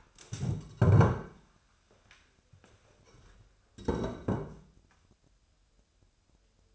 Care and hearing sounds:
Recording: daily activity, microphone in the room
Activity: stand up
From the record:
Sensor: 2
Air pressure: 1015.1 hPa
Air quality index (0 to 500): 167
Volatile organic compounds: 9 ppm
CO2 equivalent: 2170 ppm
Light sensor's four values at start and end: 12/34/13/15 and 12/33/13/14

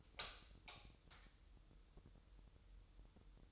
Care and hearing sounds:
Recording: daily activity, microphone in the room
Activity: light on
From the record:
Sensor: 3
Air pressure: 988.4 hPa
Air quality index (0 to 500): 190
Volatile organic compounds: 261 ppm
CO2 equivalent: 4388 ppm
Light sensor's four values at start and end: 8/19/8/8 and 11/28/11/11

